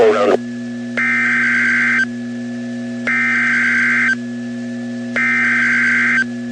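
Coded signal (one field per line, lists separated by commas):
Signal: Emergency Alert System (SAME) tones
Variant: header bursts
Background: speech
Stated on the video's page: Tornado Warning alert for a confirmed tornado near Joshua, Texas.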